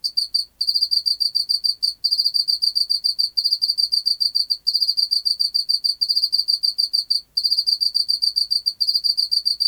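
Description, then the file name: Pacific field cricket song of sharp, rapidly repeated high pulses forming long trains, separated by occasional brief silences. "Teleogryllus oceanicus"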